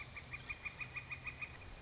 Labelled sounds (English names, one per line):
Northern Flicker